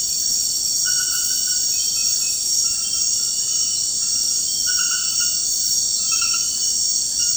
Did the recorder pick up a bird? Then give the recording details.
no. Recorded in dense forest near Puerto Asís, Putumayo, Colombia, on 20 February 2024 at 01:30. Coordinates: 0.472, -76.329. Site G6394